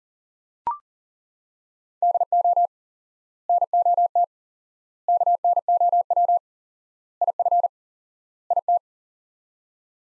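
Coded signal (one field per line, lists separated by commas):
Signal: Morse code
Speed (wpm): 37 wpm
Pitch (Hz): 700 Hz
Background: none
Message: DO NOT KNOW IF IT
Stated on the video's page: Head-copy drill of five-word sets at 40 wpm with 4x word spacing, similar to Farnsworth; the words are sent, spoken, then sent again.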